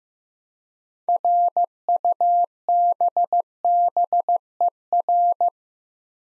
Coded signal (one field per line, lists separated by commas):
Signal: Morse code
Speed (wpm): 15 wpm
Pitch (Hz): 700 Hz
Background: none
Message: RUBBER